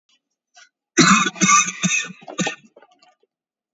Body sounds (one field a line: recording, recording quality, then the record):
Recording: shallow voluntary cough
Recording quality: excellent, no background noise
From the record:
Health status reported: exposed to COVID-19, no respiratory illness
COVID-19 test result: negative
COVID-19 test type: RT-PCR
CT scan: taken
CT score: 2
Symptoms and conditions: cough, cold, diabetes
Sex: male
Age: 46 years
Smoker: no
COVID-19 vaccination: one dose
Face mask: worn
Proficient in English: yes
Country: India